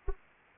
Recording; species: mosquito wingbeat signal from an infrared sensor; Anopheles arabiensis